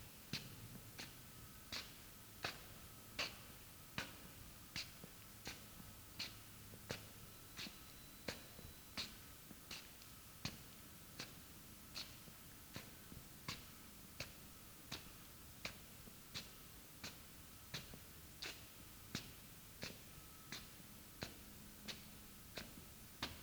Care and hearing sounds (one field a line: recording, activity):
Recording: daily activity, guitar pickup as the sensor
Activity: walk